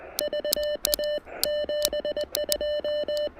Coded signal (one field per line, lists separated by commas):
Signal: Morse code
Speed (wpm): 20 wpm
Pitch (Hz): 600 Hz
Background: none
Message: VA 72